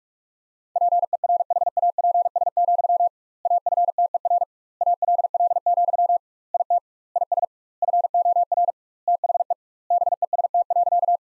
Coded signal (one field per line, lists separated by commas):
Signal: Morse code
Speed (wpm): 42 wpm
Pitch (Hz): 700 Hz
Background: none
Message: PERHAPS, AFTER ALL, IT IS FOR THE BEST.